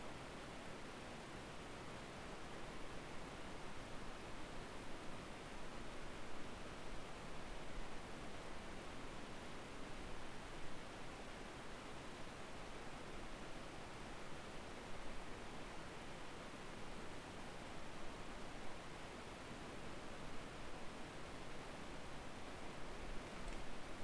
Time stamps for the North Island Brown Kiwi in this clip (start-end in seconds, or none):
none